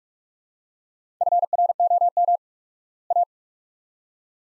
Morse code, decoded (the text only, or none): FROM A